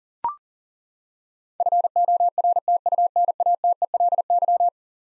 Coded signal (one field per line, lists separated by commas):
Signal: Morse code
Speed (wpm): 37 wpm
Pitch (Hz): 700 Hz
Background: none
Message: FORTUNATELY